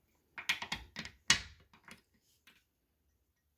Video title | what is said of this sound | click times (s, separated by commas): Replacing a Bowflex C6 & Schwinn IC4 new drive pulley and bearings. | you probably heard that click into place there | 1.3 s